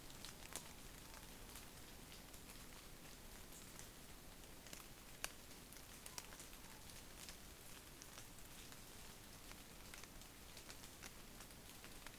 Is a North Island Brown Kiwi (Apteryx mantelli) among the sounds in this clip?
no